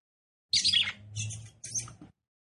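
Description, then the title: Red-cowled cardinal chirps: three quick, high scratchy notes over a low, steady hum. Female song, described as fiery and nervous, said to quickly arouse and excite a male. "CANTO DA FÊ MEA GALO CAMPINA FOGOSA LEVANTA FOGOESQUENTA GALO CAMPINA MACHO RAPIDINHO FÊ MEA NERVOSA"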